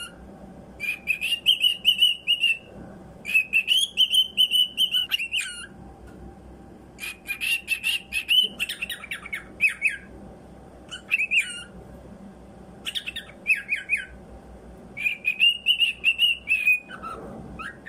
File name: Cockatiel